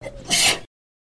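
A single adult sneeze: a brief intake followed by a sharp, hissing burst of noise.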